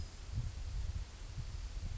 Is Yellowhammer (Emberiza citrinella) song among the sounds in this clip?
no